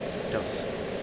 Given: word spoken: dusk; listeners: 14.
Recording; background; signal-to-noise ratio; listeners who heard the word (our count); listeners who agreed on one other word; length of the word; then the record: one English word in noise, from a listening test; speech-shaped noise; -4.2 dB; 3 of 14; 10 of 14; 0.63 s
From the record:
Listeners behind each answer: 10, 3, 1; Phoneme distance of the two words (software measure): 10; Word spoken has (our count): 1 syllable, 4 phonemes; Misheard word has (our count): 1 syllable, 4 phonemes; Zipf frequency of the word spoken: 3.40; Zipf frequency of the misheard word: 4.39